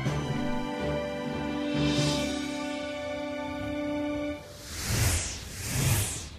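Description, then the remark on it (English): Two quick airy whooshes of a pteranodon's wings as it takes flight up into the sky sweep past one after the other, following a few seconds of steady, sustained musical tones. “Pteranodon spread his wings and flew up into the sky. Swoosh!”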